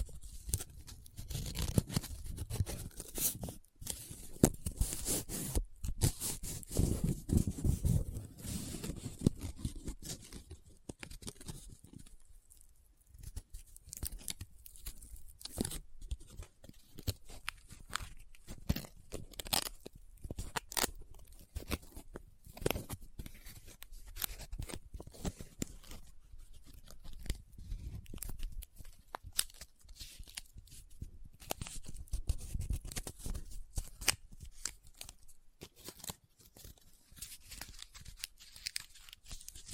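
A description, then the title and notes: Paper handled close to the microphone: dense crinkling, rubbing and scratching fill the first ten seconds, with some low thumps. After a brief lull, sparser crinkles and quick scrapes continue in uneven bursts, with a fuller rustle near thirty-two seconds. ASMR Close Up Paper Sounds - Folding, Scratching, Rubbing, Crinkle (No Talking).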